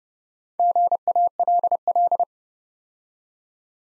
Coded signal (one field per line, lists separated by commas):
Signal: Morse code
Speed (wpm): 30 wpm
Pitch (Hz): 700 Hz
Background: none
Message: GALL